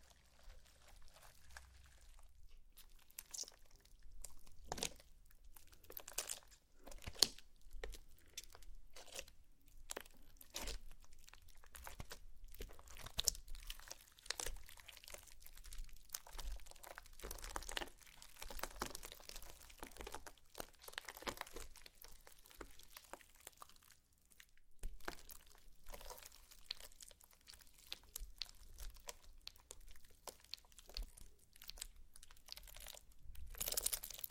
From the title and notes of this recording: ASMR SLIME! 5 Satisfying Slimes.